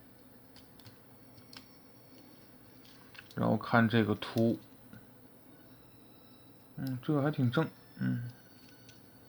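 A plastic leg section of a transforming toy robot is folded in while its tab is pressed toward the matching recess. Faint handling clicks and taps are heard, and someone talks in two bursts. The tab has not seated or clicked into place yet.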